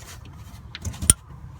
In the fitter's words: Yeah, heard that click?